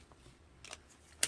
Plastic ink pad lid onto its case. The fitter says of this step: click click all right